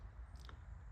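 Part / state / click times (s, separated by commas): fog light trim piece into front bumper / seated / 0.4 s, 0.5 s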